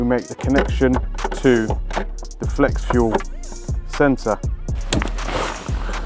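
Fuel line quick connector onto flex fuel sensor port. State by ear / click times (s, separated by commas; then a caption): seated / 4.9 s. Someone talks while fitting the flex fuel line's quick-connect coupling onto the port of the ethanol content (flex fuel) sensor on an M240i. The coupling is pushed on until it locks with a sharp positive click at 4.9 s, confirming it is seated.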